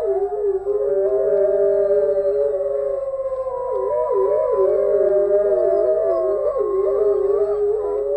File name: Sound Effects Factory - Wolfs Howling